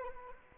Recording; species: mosquito wingbeat signal from an infrared sensor; Anopheles arabiensis